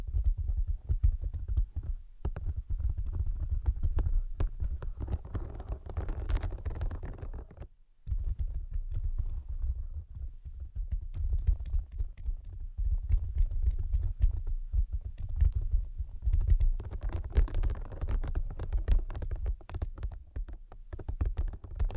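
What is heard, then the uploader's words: Dense, rapid tapping with a heavy low thud runs almost continuously, briefly stopping near eight seconds, with brighter clicky bursts around six and seventeen seconds. Brain Penetrating 3D Tapping.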